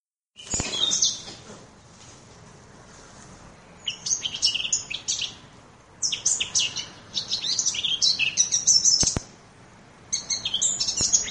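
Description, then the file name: Eurasian blackcap song: several bursts of high, rapid chattering and warbled notes, each one to three seconds long, separated by pauses. "moenchsgrasmuecke"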